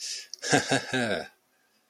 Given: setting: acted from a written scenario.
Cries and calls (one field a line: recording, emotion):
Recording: vocal sound without words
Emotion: pride